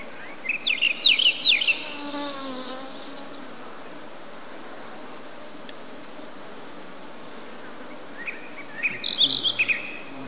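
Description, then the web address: Hume's wheatear, short bursts of rapid, scratchy, warbling notes near the start and again near the end, over a steady high insect hum. "sound Hume's-wheatear. صدای-پرنده-چکچک-شکم-سفید"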